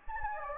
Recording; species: mosquito wingbeat signal from an infrared sensor; Anopheles gambiae